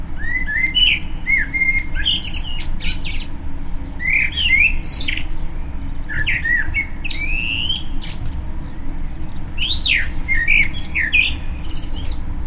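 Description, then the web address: Birds giving varied squawks, chirps and short whistled notes in bursts throughout, over steady low background noise. "cuteramen. birds"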